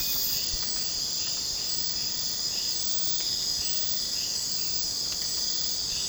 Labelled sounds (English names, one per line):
none